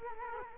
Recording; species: mosquito wingbeat signal from an infrared sensor; Culex quinquefasciatus